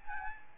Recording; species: mosquito wingbeat signal from an infrared sensor; Aedes albopictus